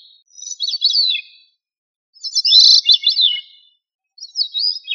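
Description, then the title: Thrush song: short, varied whistled phrases with quick rising and falling notes, delivered in bursts separated by short pauses, with no other sounds. "Familia Turdidae - Sabia"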